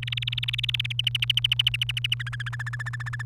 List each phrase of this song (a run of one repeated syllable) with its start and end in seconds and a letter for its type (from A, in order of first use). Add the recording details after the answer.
0.02-0.92 A, 0.99-2.14 B, 2.20-3.22 C. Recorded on 28 April 2018 at 13:47. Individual llb3